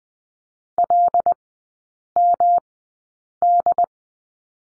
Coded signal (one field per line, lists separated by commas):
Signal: Morse code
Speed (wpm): 20 wpm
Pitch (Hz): 700 Hz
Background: none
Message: LMD